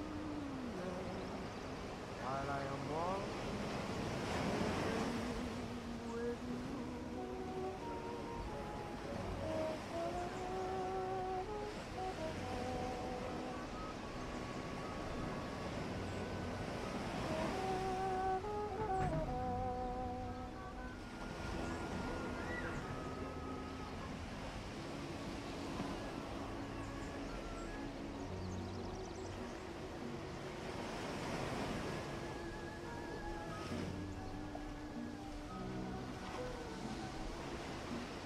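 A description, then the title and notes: Ocean waves rush steadily with swells building around five, eighteen and thirty-one seconds, while seagulls and other birds call repeatedly throughout. Ocean waves w/ birds, seagulls.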